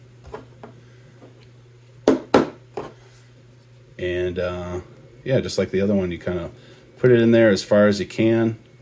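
A replaceable steel razor blade is handled and pushed into the blade holder of a folding hunting knife, with a few faint ticks near the start and two sharper knocks around 2.1 and 2.3 seconds before someone talks from about 4 seconds on. Nothing has seated or clicked yet; the clip ends before the blade locks in.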